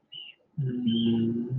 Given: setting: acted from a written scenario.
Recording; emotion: vocal sound without words; romantic love